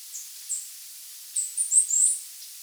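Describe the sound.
Bird calls: two very high, thin notes, then a quick run of four sharp chips.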